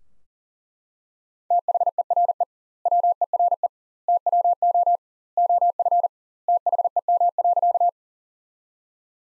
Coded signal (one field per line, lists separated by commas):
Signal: Morse code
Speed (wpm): 40 wpm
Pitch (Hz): 700 Hz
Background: none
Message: THERE WERE TWO OF THEM.